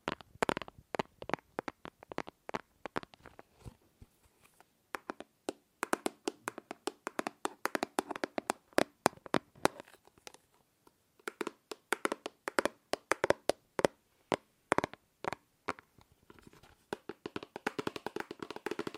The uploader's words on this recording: ASMR Fast & Slow Tapping on 6 Objects No Talking.